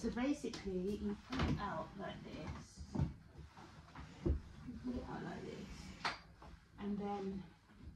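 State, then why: Not seated. Someone talks while handling the backrest of a click-clack sofa bed, pushing it so the fold-out hinge mechanism will lock into the frame. Brief knocks and rattles sound around 3.0 s and 6.1 s under the speech, but nothing has seated or clicked yet.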